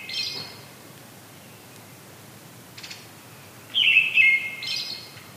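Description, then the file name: Brown-headed thrush song: one clear warbled phrase, slightly falling with a brief high flourish, after faint soft notes. "akahara"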